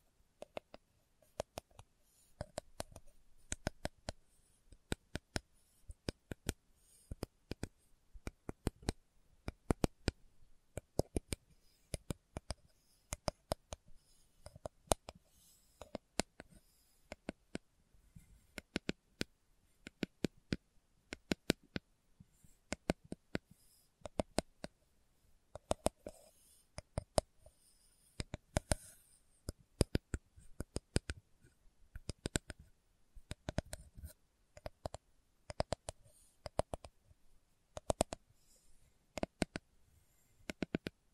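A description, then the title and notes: Slow tapping, crisp sharp taps landing one or two at a time at an unhurried, loosely irregular pace for the whole stretch. Each tap is clicky, some louder than others, with near silence between them. ASMR Slow Tapping for Deep Sleep (No Talking).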